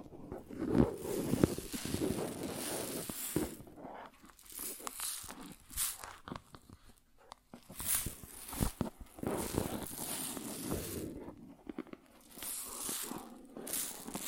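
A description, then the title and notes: Grain sounds: dry, gritty rustling and crunching as grains shift and pour, coming in irregular bursts with short quiet gaps between them. The texture is bright and crackly, densest in the first few seconds and again around eight to eleven seconds. ASMR Grain Sounds (No Talking).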